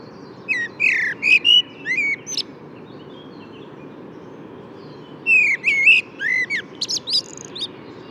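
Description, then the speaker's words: Common blackbird singing two phrases, each a low fluting whistle followed by high squeaky twitters, separated by a few seconds' pause, over steady rumbling background noise. Singing perched atop a horse chestnut tree with opening buds, despite background noise; Bois de Vincennes, 6 April 2018. "Je vous propose le chant d'un merle noir perché au sommet d'un marronnier dont les bourgeons éclosent, un gros bourgeon tout duveteux, très, très joli."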